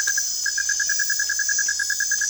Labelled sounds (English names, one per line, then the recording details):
none
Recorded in dense forest near Puerto Asís, Putumayo, Colombia, on 27 June 2025 at 21:00
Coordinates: 0.468, -76.322
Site GP03